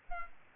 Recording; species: mosquito wingbeat signal from an infrared sensor; Aedes albopictus